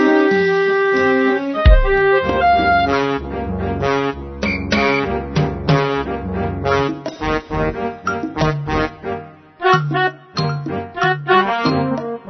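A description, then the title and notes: Music blares from a carnival ride, starting with bright sustained notes before a heavy, booming bass drops in at about two seconds. A steady, punchy beat then drives on under busy melody, with the level dipping and surging more sharply toward the end. Carnival ride.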